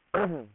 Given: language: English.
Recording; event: throat vibration sensor signal played as sound; throat clearing